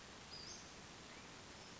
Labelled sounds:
Western Flycatcher
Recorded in Sonoma County, California

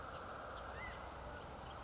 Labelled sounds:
California Quail
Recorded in Sonoma County, California

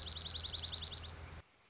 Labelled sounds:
Dark-eyed Junco
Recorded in Sonoma County, California

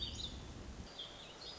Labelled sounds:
Warbling Vireo
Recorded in Sonoma County, California

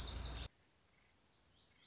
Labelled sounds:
Lazuli Bunting
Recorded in Sonoma County, California

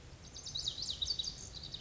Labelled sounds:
Lazuli Bunting
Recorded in Sonoma County, California

